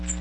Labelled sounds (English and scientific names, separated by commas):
Magnolia Warbler (Setophaga magnolia) flight call